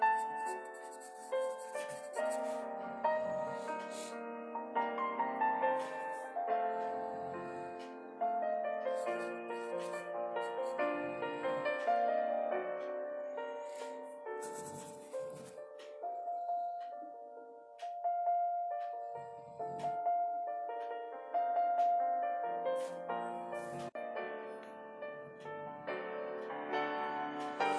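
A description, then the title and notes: Piano plays continuously through the clip, a flowing melody over sustained chords sitting mostly in the middle register, with notes ringing and fading into one another. The playing stays at an even, moderate volume and pace, sounding close in a small room. It was actually 4:30 or so in the morning when I recorded this.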